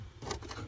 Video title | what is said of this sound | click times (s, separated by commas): How to change a shift cable on a Ford F-150 | real simple I just stuck my hand up and I went click and it pops right into place | 0.3 s